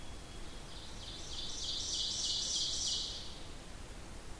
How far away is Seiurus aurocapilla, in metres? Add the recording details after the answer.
about 45 m. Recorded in boreal forest in Alberta, Canada, on 8 June 2016 at 08:36. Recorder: SongMeter 3, array SBT-3-9. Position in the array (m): 166 m, 150 m. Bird 35